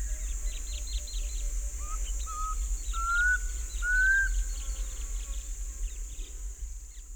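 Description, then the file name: Black cuckoo gives one whistled phrase of four ascending notes, the last two longer and louder, with faint bird chirps and a steady insect hiss behind. "Black Cuckoo (Cuculus clamosus)"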